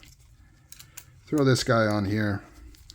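An internal mechanism part is placed into a Microtech MSI out-the-front knife being reassembled into new titanium scales, with faint handling ticks around 0.7–1.0 s and 2.8–3.0 s. Someone talks in the middle of the clip. Nothing has seated or clicked into place yet.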